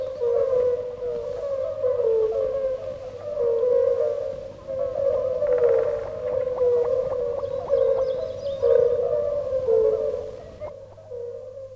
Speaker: Рядом, в оставшихся после разлива бочагах, не переставая, укают краснобрюхие лягушки, жерлянки.